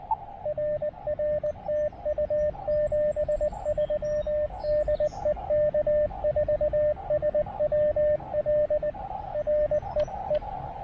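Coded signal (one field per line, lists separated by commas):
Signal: Morse code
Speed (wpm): 19 wpm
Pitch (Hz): 590 Hz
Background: radio noise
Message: RR TU 73 DE K4SWL R EE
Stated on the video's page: Park activation with an Elecraft KX2 into a 9:1 random wire antenna, partly on 20 meters.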